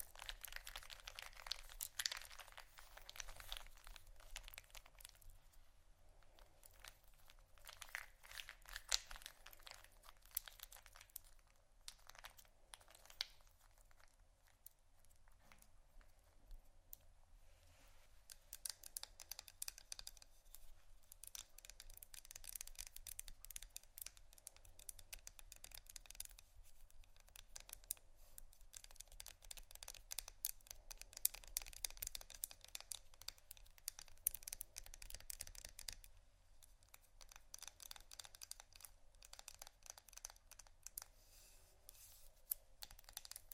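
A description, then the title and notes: Soap and candle carving fills the 44 seconds with dense, crisp scraping and crinkly shaving sounds, a steady run of quick, bright strokes that thicken and thin in bursts. Brief quieter pauses come around 6, 15 and 36 seconds, over a faint low hum. ASMR Soap & Candle Carving （No Talking）.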